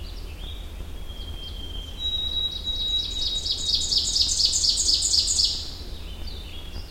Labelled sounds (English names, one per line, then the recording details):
Ovenbird song
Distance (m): 10 m
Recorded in boreal forest in Alberta, Canada, on 21 June 2016 at 07:27
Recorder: SongMeter 3, array SBT-6-81
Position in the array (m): 2 m, 91 m
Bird 24